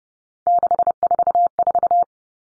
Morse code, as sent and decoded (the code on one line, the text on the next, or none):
-.... ....- ....-
644